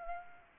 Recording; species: mosquito wingbeat signal from an infrared sensor; Aedes aegypti